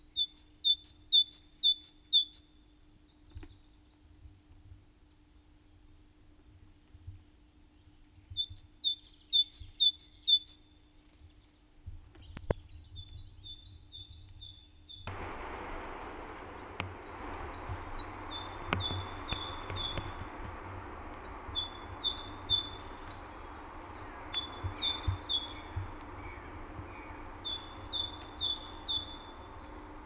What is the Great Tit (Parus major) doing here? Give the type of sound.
song